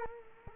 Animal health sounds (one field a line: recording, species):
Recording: mosquito wingbeat signal from an infrared sensor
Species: Culex quinquefasciatus